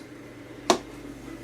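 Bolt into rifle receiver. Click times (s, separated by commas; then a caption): 0.7 s. A bolt is reinserted into the action of a Howa 1500 rifle without touching the bolt release, and a single crisp, short click sounds at 0.7 s against quiet background. The bolt clicks forward and seats in the receiver, completing the rifle's reassembly.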